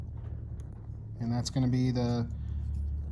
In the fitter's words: ignition trigger from the ECU and it just clicked you can actually hear it click